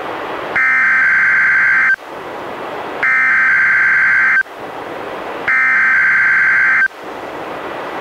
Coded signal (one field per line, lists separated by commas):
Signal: Emergency Alert System (SAME) tones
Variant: header bursts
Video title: EAS #70-71: 2 NWR Required Weekly Tests- Aug. 19-26, 2015